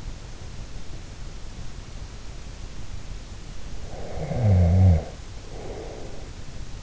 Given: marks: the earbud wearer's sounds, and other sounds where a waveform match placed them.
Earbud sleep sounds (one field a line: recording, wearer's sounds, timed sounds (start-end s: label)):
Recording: sounds in sleep by an in-ear microphone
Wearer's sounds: snoring breath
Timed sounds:
3.78-6.27 s: snoring breath